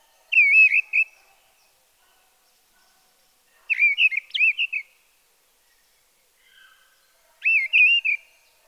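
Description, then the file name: Mistle thrush song: three short, rich whistled phrases separated by pauses of a few seconds, each a quick run of fluty notes, with a faint lower note between. "Grive draine"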